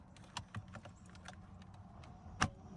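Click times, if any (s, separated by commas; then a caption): 2.4 s. A replacement part, likely the dash radio or a tail light carrier, is fitted into the body of a 2003 Mercedes-Benz C240 during a repair. Several small handling clicks and taps sound at 0.4, 0.6, 0.8, 0.9 and 1.3 seconds. One sharp, loud click at 2.4 seconds marks the part locking into place.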